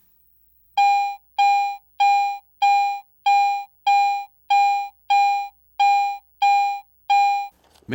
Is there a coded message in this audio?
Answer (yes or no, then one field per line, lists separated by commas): no